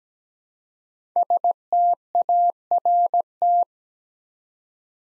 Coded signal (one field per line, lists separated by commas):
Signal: Morse code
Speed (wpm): 17 wpm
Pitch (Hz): 700 Hz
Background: none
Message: START